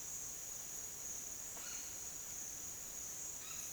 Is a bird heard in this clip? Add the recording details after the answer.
no. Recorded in dense forest near Puerto Asís, Putumayo, Colombia, on 23 June 2025 at 08:00. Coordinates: 0.484, -76.325. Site H65